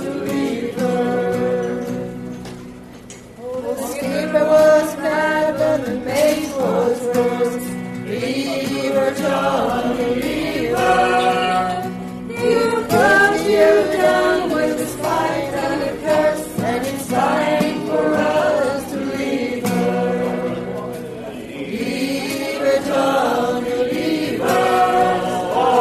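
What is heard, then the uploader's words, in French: A lively bar atmosphere filled with music: sustained, melodic tones and voices weave together fairly densely, with a steady pulse. The level stays full throughout, easing briefly around three seconds and again near twenty. Kerry's bar a théme une chouette ambiance dans ce bar !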